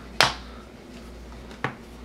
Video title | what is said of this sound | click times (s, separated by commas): HowTo: Replacing Asus / Google Nexus 7 2012 LCD | show you go around and got it fully snapped in | 0.2 s, 1.6 s